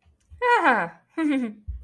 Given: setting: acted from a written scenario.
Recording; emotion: vocal sound without words; contentment